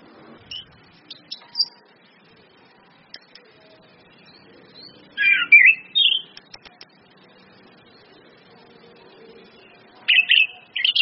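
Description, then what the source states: Orange-headed thrush giving scattered soft notes, then a loud whistled phrase, and after a pause another quick twittering burst. Indonesian bird-training lure (pancingan, masteran) of Orange-headed thrush in the open ngeplong song style, with female whistles (suitan betina) used to make birds sing persistently (gacor).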